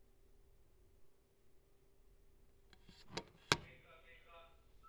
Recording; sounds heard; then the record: poultry house recording; no chicken sound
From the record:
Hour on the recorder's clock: 16